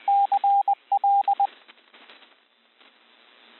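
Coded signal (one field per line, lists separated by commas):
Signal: Morse code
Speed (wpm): 20 wpm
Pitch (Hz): 800 Hz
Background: radio noise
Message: CL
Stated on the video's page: Morse recognition practice including prosigns, sent at 20 wpm.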